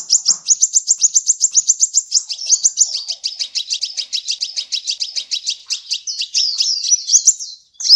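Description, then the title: Hummingbird giving a rapid, very high stream of thin chips that quickens into a dense, continuous twitter, ending with a few slurred squeaky notes. "kolibri"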